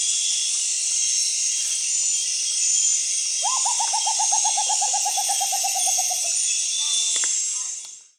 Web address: Rufous potoo. صدای-پرنده-شبزی-حنایی